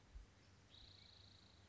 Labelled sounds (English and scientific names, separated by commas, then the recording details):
Spotted Towhee (Pipilo maculatus)
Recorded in Sonoma County, California